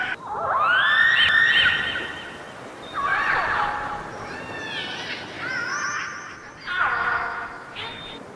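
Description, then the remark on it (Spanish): A series of orca calls: high, squealing whistles that rise and bend in pitch, with buzzy harmonic overtones, repeating several times over a steady hiss with no talking. “Es el sonido que hacen las orcas.”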